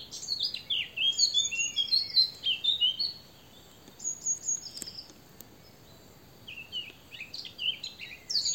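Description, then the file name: Eurasian blackcap song, a rich warbled phrase, then a quieter pause with thin whistles, then a second burst of warbling. "Sylvia atricapilla"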